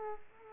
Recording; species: mosquito wingbeat signal from an infrared sensor; Aedes aegypti